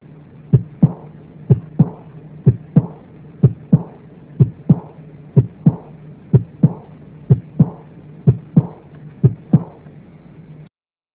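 Adult heart heard through a stethoscope: a regular rhythm at about 62 beats per minute, with a diastolic murmur.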